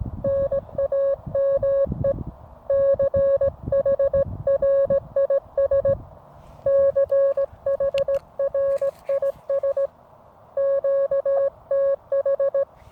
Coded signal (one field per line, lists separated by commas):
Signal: Morse code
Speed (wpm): 17 wpm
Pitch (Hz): 550 Hz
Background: music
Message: NAME CHRIS CHRIS QTH